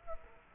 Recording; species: mosquito wingbeat signal from an infrared sensor; Culex quinquefasciatus